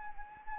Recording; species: mosquito wingbeat signal from an infrared sensor; Anopheles arabiensis